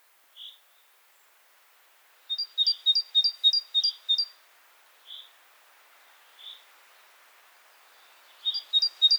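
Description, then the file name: Great tit song, a fast even series of sharp two-note phrases, with scattered single soft chirps before and after, and a new series starting at the end. "Parus major"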